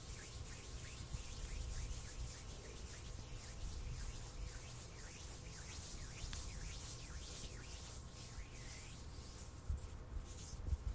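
Intense hand sounds: dense, continuous rubbing and scratching with a bright hiss and low rumble, ending in a few sharper taps.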